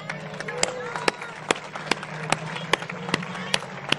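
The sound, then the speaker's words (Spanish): An audience applauds Doctor Escudero at an AMLO speech, with steady, evenly spaced sharp claps, about ten in a row, over a low hum and faint crowd murmur. “Ahora que hablo de pediatras, me acuerdo del doctor Escudero, un aplauso para él.”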